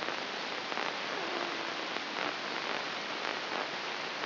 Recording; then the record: brain microelectrode recording played as sound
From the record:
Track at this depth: inside the subthalamic nucleus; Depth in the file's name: 3.524 mm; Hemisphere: left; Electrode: 3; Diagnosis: Parkinson's disease